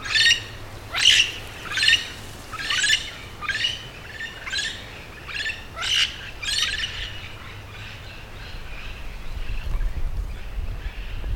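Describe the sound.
Yellow-shouldered parrot giving a run of several loud, grating squawks, then quieter background.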